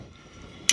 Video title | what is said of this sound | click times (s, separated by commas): anymaka Portable Hammock Stand - Full review & Recommendation | until it clicks. All right. | 0.7 s